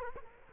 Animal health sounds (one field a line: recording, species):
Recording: mosquito wingbeat signal from an infrared sensor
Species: Culex quinquefasciatus